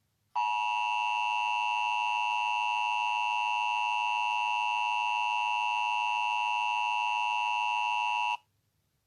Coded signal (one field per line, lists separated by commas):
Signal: Emergency Alert System (SAME) tones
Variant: 853 and 960 Hz attention tone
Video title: EAS Scenario: The End of Miami.